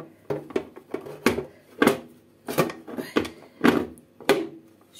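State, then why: Seated. A metal bread pan holding the dough ingredients is set into a Redmond RBM-M1910 bread machine and twisted or pressed into place, with a series of sharp knocks and clunks. It locks with a final sharp click at 4.3 s, seating the pan.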